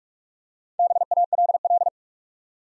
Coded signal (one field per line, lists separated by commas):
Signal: Morse code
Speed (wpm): 44 wpm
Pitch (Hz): 700 Hz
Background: none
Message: BALL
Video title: Easy Words with Hints - 45wpm